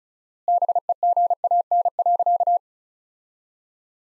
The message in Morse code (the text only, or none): BEGAN.